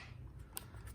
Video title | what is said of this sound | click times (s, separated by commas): Tulster OATH Holster Sig P365 | that positive click, listen to this thing. | 0.6 s